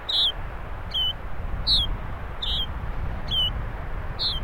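Yellow-bridled finch calling: several sharp, high, clipped notes at fairly even intervals over low rumbling noise.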